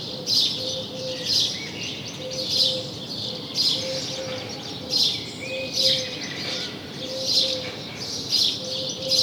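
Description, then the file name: House sparrow chirping: bright, harsh chirps in repeated bursts, with a faint low hooting tone repeating underneath. "Passer domesticus"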